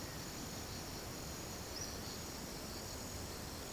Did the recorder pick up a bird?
no